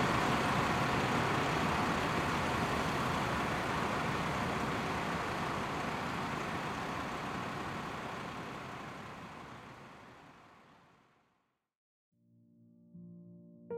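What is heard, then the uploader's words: A waiting bus gives a steady, dense engine rumble and hiss that fades away near eleven seconds, then after brief silence a lower, humming drone returns. Bus Waiting to Depart Ambience.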